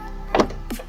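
A car body part's plastic mounting tabs are being lined up into rubber grommets on the car body and handled into place, giving a couple of brief knocks around 0.3–0.4 seconds over a low background hum. Nothing has seated or clicked yet; the part is not yet home.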